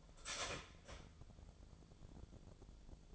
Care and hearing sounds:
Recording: daily activity, microphone in the room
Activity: start toaster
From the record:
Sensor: 5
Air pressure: 1000.3 hPa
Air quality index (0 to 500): 134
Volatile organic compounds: 2 ppm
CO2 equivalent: 1053 ppm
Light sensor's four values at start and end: 75/174/74/79 and 74/173/73/78

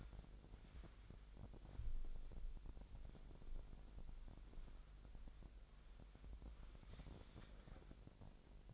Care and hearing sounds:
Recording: daily activity, microphone in the room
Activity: wipe stove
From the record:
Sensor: 5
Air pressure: 1001.1 hPa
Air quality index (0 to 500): 247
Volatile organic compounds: 34 ppm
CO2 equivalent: 3049 ppm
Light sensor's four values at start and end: 28/64/26/24 and 30/68/27/26

